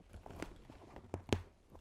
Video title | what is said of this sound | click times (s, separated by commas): GODOX AD200 FLASH - Setting up in detail | and then you turn it and it Clicks in | 1.3 s